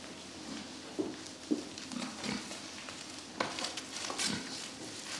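Pig snorting in several separate breathy bursts.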